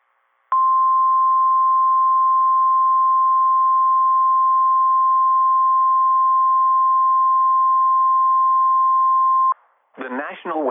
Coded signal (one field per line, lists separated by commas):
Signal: Emergency Alert System (SAME) tones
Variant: 1050 Hz attention tone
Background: speech